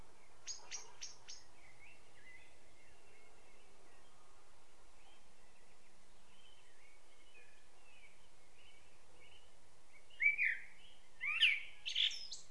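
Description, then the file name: Common blackbird: faint high notes early on, then louder mellow whistled phrases with squeaky endings near the close, over a steady background hiss. "Turdus merula"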